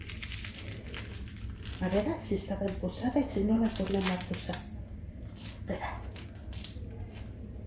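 Someone handles the plastic coupling ring of a two-piece ostomy bag against the flange of the skin base plate, refitting it after a failed try, with crinkling plastic and a few soft taps while someone talks. Nothing has seated or clicked yet; the clip ends before the ring goes home.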